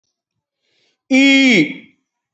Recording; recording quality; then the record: sustained vowel as in beet; excellent, no background noise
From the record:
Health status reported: healthy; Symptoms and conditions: none ticked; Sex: male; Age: 56 years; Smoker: not ticked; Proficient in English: yes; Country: India